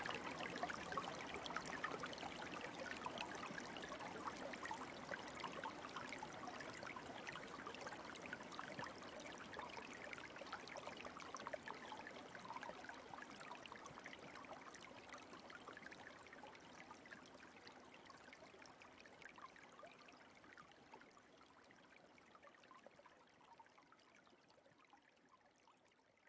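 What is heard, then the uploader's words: A bamboo water fountain trickles and splashes in a dense, steady patter of small drops, bright. The flow is busiest at the start and slowly thins and quiets over the clip, fading noticeably in the last few seconds. BAMBOO WATER FOUNTAIN. Japanese fountain,water,white noise.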